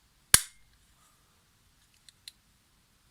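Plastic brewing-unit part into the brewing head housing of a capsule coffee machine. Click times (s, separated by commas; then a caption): 0.3 s. A plastic part of the brewing unit is fitted one side first and then pushed home into the brewing head housing of a Nespresso Citiz (Turmix TX170) capsule coffee machine. A single sharp, loud snap rings out at 0.3 s, followed by two faint small ticks near 2.1 and 2.3 s. The part is seated and secured.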